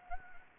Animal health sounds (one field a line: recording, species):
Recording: mosquito wingbeat signal from an infrared sensor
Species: Anopheles gambiae